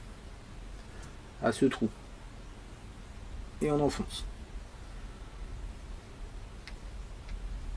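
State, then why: Seated. Someone talks while a coil assembly, lined up with the liquid inlet hole, is pushed into the metal body of an Atmistique Diver rebuildable vape cartomizer. A short, sharp tick sounds at 6.7 s as the part clicks fully into place and is seated.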